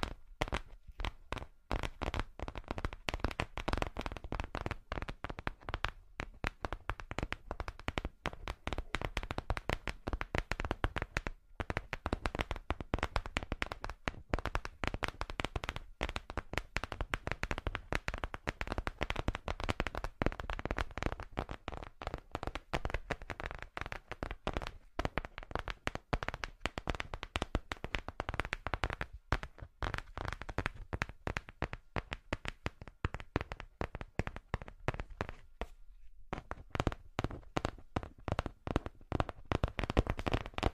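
Rapid, dense tapping runs almost without pause for the whole stretch, sharp clicks and knocks with a bright, crisp edge over a soft low thump. The pace stays busy and uneven, with brief gaps near 11, 36 and 39 seconds.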